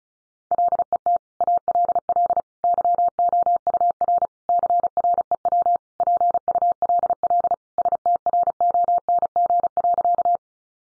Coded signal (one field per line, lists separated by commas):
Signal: Morse code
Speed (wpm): 34 wpm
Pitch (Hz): 700 Hz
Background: none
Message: LET ALL YOUR CREW PULL STRONG.